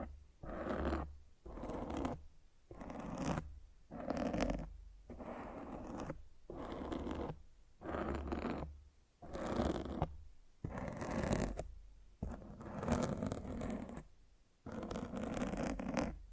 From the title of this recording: Mic Scratching